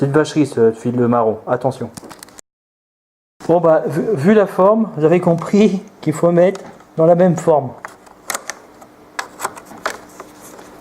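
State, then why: Seated. Someone talks while repairing a Riviera & Bar coffee machine, then a replacement coffee/steam selector switch is lined up to match the shape of its mounting and pressed into the coffee machine housing. A series of sharp clicks follows from about 8.3 s, and the switch clips into place at 9.9 s, confirmed as seated.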